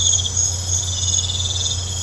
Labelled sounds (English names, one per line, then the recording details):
none
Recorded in pastures near Puerto Asís, Putumayo, Colombia, on 21 December 2024 at 21:30
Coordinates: 0.502, -76.324
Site G077